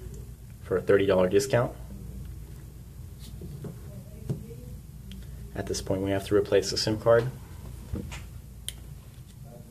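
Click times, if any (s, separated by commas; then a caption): 8.7 s. A SIM card is pushed back into the spring-loaded SIM slot of a Samsung Galaxy Note 2 smartphone during reassembly while someone talks. It seats with one sharp, loud click at 8.7 s.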